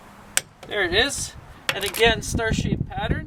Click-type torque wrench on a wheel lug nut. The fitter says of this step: gonna turn until it clicks there